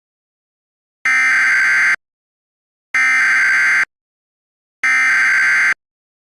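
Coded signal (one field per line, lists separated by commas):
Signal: Emergency Alert System (SAME) tones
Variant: header bursts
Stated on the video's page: Fictional EAS scenario, not a real alert.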